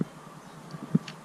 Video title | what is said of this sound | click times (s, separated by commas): 2005 Honda Accord Costco Michelin Wiper Blade Replace and remove | Right like that. You hear him click. There you go. | 1.0 s, 1.1 s